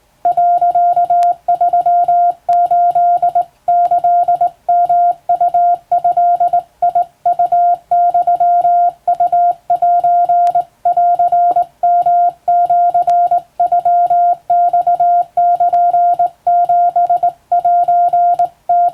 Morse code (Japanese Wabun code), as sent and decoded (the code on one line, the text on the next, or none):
.-.-.- ...-- ---.. -.-.. -- ..- ..-.. .. ..- -..-- ..- .---. .-.-. -- --.-. ..-- -..- -.--. --... .---. -
、38キヨウドウユウセンヨシノマル7セム